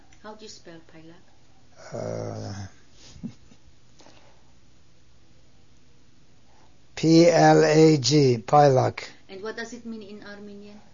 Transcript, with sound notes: How do you spell Plag.
(he pauses) P-L-A-G. Plag.
And what does it mean in Armenian?